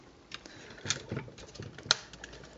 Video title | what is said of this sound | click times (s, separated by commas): Rob A Reviews Transformers MP 22 Masterpiece Ultra Magnus | there we go and it'll all snap into place and it'll hold nice and tight | 1.9 s